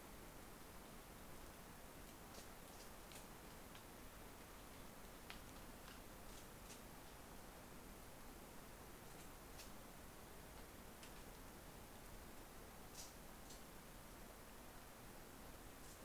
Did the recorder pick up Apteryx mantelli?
no